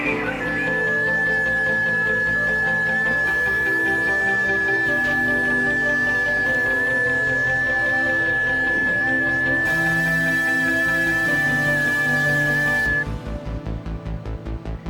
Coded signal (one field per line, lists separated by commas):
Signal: FT8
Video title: Field Day at Home in Quarantine? Ham Radio ARRL Field Day 2020: A Non-Traditional Opportunity